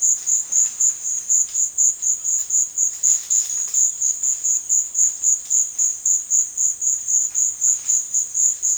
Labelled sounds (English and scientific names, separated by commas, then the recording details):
none
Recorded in secondary vegetation near Puerto Asís, Putumayo, Colombia, on 23 June 2025 at 15:00
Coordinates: 0.499, -76.323
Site G077